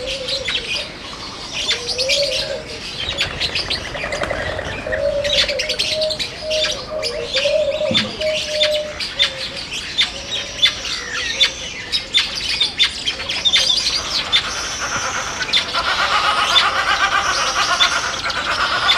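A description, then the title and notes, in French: An African aviary fills with dense, overlapping bird chirps and tweets throughout. A low cooing tone drifts in and out during the first half, while sharp, bright calls grow busier and louder after about fifteen seconds. Immersion sonore en Volière africaine. Chant des tisserins gendarmes, tourterelle maillée, inséparables à joues noires, irrisor moqueur, huppe fasciée, choucador superbe.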